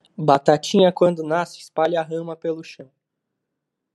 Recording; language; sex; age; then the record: short text; Brazilian Portuguese; male; 20 to 29 years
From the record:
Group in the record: control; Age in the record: 25 years